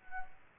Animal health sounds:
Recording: mosquito wingbeat signal from an infrared sensor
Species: Anopheles gambiae

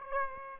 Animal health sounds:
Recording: mosquito wingbeat signal from an infrared sensor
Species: Aedes aegypti

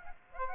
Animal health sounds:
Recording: mosquito wingbeat signal from an infrared sensor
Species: Aedes aegypti

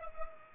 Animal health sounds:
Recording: mosquito wingbeat signal from an infrared sensor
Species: Culex pipiens

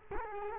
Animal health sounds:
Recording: mosquito wingbeat signal from an infrared sensor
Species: Culex quinquefasciatus

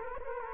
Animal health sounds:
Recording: mosquito wingbeat signal from an infrared sensor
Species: Culex quinquefasciatus

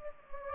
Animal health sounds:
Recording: mosquito wingbeat signal from an infrared sensor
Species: Anopheles gambiae

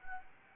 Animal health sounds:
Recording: mosquito wingbeat signal from an infrared sensor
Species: Anopheles gambiae

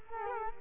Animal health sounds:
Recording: mosquito wingbeat signal from an infrared sensor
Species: Culex quinquefasciatus

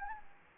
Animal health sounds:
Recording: mosquito wingbeat signal from an infrared sensor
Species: Anopheles gambiae

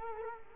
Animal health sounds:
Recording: mosquito wingbeat signal from an infrared sensor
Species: Culex quinquefasciatus

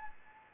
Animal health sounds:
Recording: mosquito wingbeat signal from an infrared sensor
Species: Anopheles gambiae

